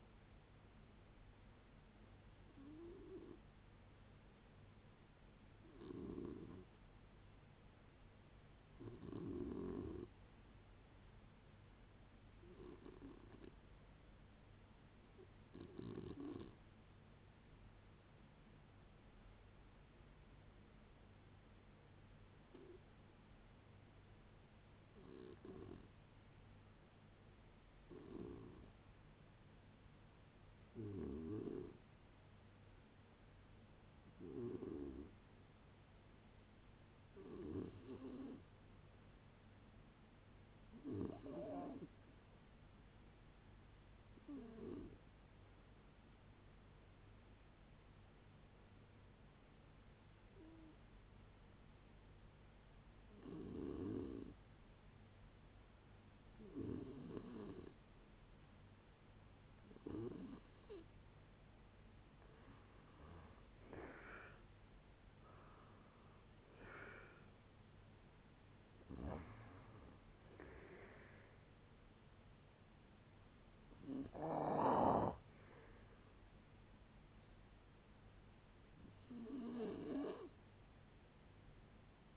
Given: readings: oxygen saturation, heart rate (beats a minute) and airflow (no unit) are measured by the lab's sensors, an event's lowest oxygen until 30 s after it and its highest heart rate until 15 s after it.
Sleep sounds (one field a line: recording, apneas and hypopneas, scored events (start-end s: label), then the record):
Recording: a person awake in a sleep study, by a voice recorder at the bedside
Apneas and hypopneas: none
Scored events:
0.00-82.17 s: awake
0.00-82.17 s: awake
From the record:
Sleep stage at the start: awake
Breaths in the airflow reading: 27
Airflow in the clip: -0.7 to 0.7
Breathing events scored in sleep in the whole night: 496 in 5.4 hours asleep